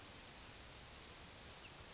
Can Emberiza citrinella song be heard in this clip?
no